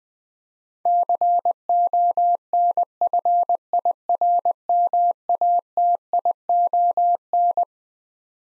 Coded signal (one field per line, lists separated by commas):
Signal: Morse code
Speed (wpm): 20 wpm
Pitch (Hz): 700 Hz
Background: none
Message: CONFIRMATION